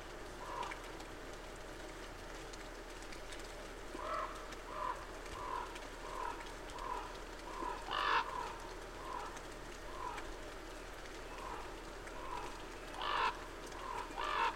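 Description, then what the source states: Raven calls: a series of short hoarse notes, with a few louder, harsher croaks standing out, over a steady rushing background. Recorded on 2 October 2008 at 06:30.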